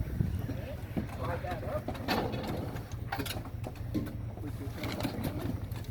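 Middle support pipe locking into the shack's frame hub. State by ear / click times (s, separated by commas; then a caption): seated / 4.8 s, 4.9 s. The middle support pipe of a Black Hole pop-up ice fishing shack is slid up into the frame hub while someone talks. A short click sounds at about 4.8 s and 4.9 s as the pipe locks into the hub, and the pipe is confirmed seated.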